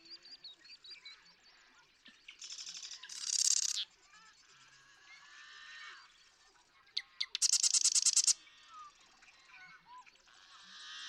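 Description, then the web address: Marsh Wren song: two loud dry rattling trills a few seconds apart, surrounded by fainter chatter and buzzy notes. "birdsongforthecurious Marsh Wren"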